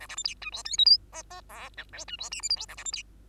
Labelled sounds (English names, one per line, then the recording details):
Bengalese Finch song
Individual Bird2